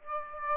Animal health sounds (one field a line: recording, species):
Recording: mosquito wingbeat signal from an infrared sensor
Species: Aedes aegypti